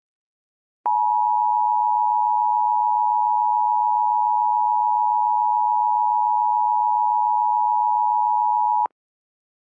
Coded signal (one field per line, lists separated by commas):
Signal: Emergency Alert System (SAME) tones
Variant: 853 and 960 Hz attention tone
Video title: EAS - A TOR for Chicago in 2014.